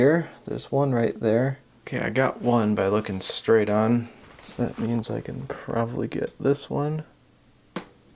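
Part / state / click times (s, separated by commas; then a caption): flex cable connector into tablet logic board socket / seated / 7.8 s. During an iPad charge port replacement, a flex ribbon cable connector is pressed onto its socket on the tablet's logic board while someone talks. A single sharp snap is heard at 7.8 s, confirming the connector has seated.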